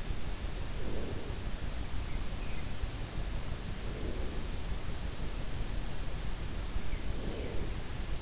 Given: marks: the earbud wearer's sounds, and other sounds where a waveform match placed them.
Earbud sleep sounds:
sounds in sleep by an in-ear microphone; breath
0.39-1.69 s: breath
3.61-4.73 s: breath
6.60-8.22 s: breath

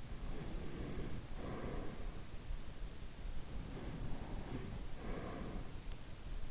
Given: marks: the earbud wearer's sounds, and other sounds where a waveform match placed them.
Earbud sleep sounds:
sounds in sleep by an in-ear microphone; breath, snoring breath
0.01-2.36 s: breath
3.49-5.82 s: snoring breath

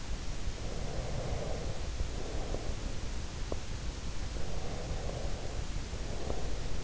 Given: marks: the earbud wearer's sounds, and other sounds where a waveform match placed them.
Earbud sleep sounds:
sounds in sleep by an in-ear microphone; breath, teeth grinding
0.45-3.30 s: breath
3.45-3.67 s: teeth grinding
4.36-6.84 s: breath

